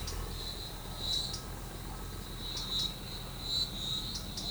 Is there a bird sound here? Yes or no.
no